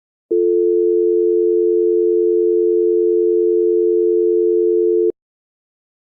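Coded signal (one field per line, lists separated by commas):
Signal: telephone call progress tone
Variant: North America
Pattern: dial tone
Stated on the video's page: Synthesized telephone dial tone and busy signal made in NI Absynth.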